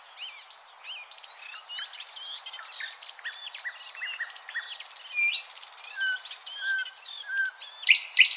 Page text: Thrush Nightingale #song Nattergal Обыкновенный. knut the bird nerd